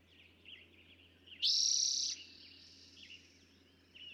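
Eastern towhee delivering one loud trill lasting well under a second amid soft background chirps.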